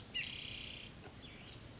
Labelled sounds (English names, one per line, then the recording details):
Spotted Towhee
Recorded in Sonoma County, California